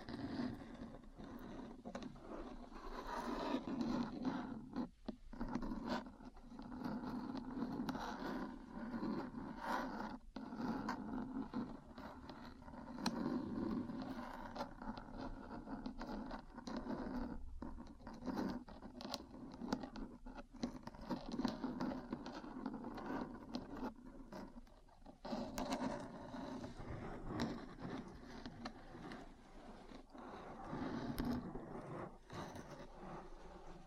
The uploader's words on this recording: ASMR 3Dio Metal Parts Tapping & Scratching for Sleep and Relaxation (No Talking).